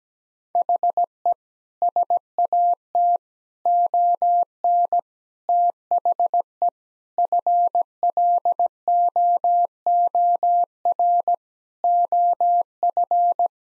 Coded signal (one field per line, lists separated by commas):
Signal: Morse code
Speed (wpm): 17 wpm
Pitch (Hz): 700 Hz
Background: none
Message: HE SAT ON THE FLOOR OF